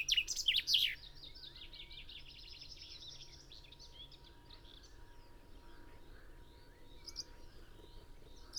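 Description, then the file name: Common chaffinch song: a loud burst of notes, then a series of quick repeated notes that fall slightly in pitch, over a steady low hum. "Fringilla coelebs"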